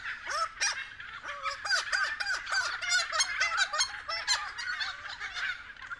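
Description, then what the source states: Friarbirds giving a run of loud, bouncing nasal calls, repeated in quick succession, over a background of harsh chattering from other birds. Several friarbirds recorded at 6:30 AM.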